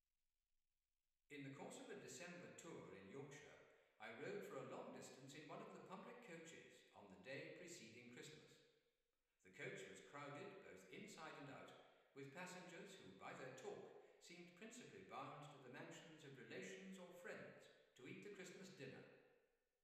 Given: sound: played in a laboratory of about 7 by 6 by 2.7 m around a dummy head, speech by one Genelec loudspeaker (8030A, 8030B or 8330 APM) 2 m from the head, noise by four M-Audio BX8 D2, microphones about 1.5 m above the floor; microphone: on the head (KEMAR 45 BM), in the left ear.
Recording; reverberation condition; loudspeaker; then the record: male speech in English; high; 120 degrees to the left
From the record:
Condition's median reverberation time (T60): about 1300 ms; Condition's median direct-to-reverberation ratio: about -4.0 dB